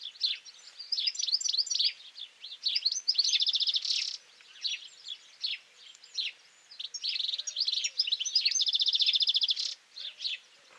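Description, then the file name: European goldfinch song, a fast jumble of liquid twitters and chirps broken by two long buzzy trilled passages. "Carduelis carduelis"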